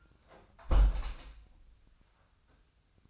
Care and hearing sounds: daily activity, microphone in the room; close window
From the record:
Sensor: 2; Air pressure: 1004.4 hPa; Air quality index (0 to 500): 118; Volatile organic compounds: 3 ppm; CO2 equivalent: 1433 ppm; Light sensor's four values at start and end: 6/14/6/6 and 6/14/5/6

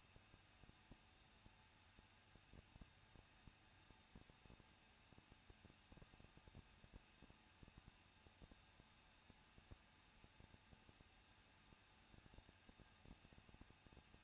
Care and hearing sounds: daily activity, microphone in the room; no activity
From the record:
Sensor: 2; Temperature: 21.0 degrees Celsius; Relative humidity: 37.3%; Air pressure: 1006.2 hPa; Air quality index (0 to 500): 221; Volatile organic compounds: 23 ppm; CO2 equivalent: 2795 ppm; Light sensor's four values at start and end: 2/3/2/2 and 2/3/2/2

